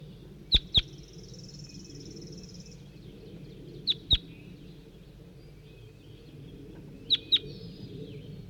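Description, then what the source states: Crossbill calls: three pairs of sharp, high chip notes spaced about three seconds apart. A thin buzzing runs briefly near the start, with a low background rumble. Calls of bird 4-3.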